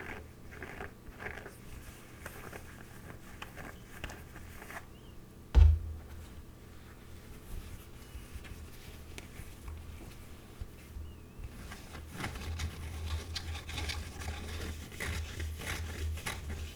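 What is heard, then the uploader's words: Dry scratching of a glove, coming in irregular rough strokes with a low hum underneath. A single sharp knock lands near the six-second mark. From about twelve seconds the rubbing grows denser and louder, with a heavier low rumble. Glove Scratching.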